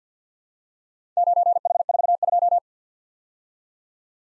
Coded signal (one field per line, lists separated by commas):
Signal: Morse code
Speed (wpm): 51 wpm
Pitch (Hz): 700 Hz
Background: none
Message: 9H42